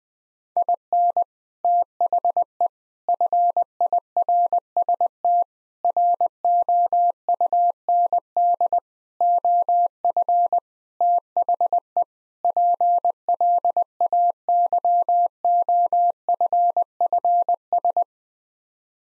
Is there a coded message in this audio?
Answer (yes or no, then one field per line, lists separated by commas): yes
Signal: Morse code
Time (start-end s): 0.6-18.0 s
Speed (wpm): 20 wpm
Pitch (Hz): 700 Hz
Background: none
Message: IN THE FIRST ROUND OF THE PLAYOFFS